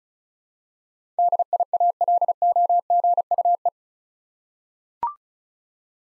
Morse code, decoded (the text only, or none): DIALOGUE